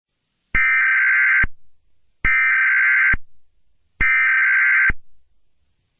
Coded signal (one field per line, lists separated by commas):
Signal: Emergency Alert System (SAME) tones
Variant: header bursts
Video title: EAS Scenario preview